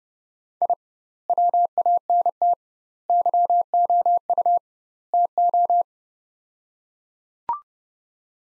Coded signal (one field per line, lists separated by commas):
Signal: Morse code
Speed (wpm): 30 wpm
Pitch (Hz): 700 Hz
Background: none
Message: I WANT YOU TO